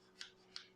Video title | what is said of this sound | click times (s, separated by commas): Neewer ND2-ND32 variable ND filter for PENTAX DA* 16-50 F/2.8 PLM. IS IT GOOD? | and you can hear it locks | 0.6 s